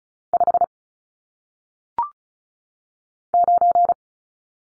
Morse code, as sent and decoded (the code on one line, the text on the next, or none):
..... / ----.
5 9